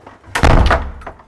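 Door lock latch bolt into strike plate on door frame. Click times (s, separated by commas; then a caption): 0.4 s. A door fitted with a newly installed LAVNA LA-24 digital door lock is closed, and its latch bolt engages the strike plate on the door frame with a sharp thunk at 0.4 s and a click at 0.5 s. The door latches shut and is locked, followed by a few faint knocks.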